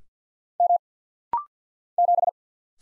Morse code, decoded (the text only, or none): M 7